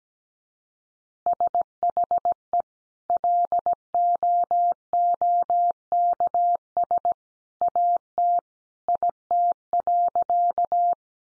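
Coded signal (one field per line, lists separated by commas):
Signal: Morse code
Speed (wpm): 17 wpm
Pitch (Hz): 700 Hz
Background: none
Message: SHE LOOKS AT IT.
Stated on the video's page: Morse code head-copy practice of easy phrases at 17 wpm.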